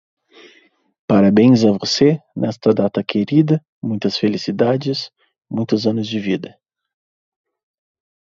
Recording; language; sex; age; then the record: short text; Brazilian Portuguese; male; 30 to 39 years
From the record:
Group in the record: control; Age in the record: 31 years